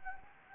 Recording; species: mosquito wingbeat signal from an infrared sensor; Anopheles gambiae